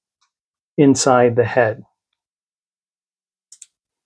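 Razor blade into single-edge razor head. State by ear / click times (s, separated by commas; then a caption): seated / 3.5 s, 3.6 s. Someone talks, then a rounded single-edge razor blade, lying flat inside a single-edge razor head, is pushed in. Two short clicks at 3.5 s and 3.6 s mark the blade popping into place, and it is seated.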